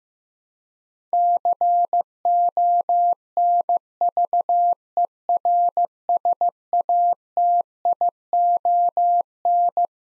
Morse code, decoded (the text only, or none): CONVERSATION